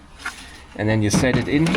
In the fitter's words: And the headlights go in. What a milestone. Okay. Click.